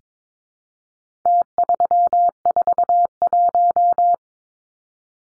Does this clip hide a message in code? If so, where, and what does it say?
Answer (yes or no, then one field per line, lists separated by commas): yes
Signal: Morse code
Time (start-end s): 1.3-4.1 s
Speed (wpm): 22 wpm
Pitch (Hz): 700 Hz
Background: none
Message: T341